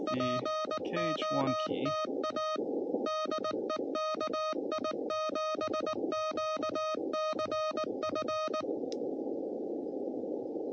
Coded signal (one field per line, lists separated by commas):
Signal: Morse code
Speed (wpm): 19 wpm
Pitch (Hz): 620 Hz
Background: music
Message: POTA DE KI7QCF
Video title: CW POTA US-11644